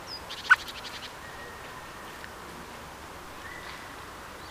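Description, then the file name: Eurasian blackbird making a quick rattling burst of clipped notes with one loud chuck, then quiet background hiss with faint bird calls. "Turdus merula"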